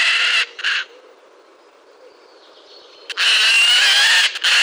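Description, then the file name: Eurasian jay producing loud, rough rasps: two brief ones at the start, then after a quiet gap a long drawn-out harsh screech and another. "Garrulus glandarius"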